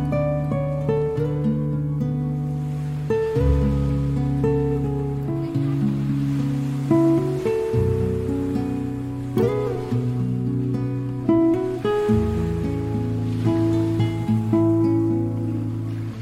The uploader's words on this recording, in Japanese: 心が落ち着く波の音とギターサウンド。波の音がホワイトノイズのようになってしまったのが残念。Wave sound : Shark beach, Vaucluse。